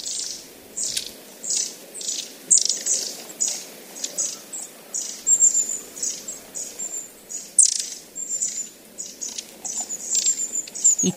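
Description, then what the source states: Long-tailed tit: a steady stream of very high, thin calls throughout, with a soft background hiss. Recorded at Uchiurayama Prefectural Forest, Kamogawa, Chiba Prefecture, Japan.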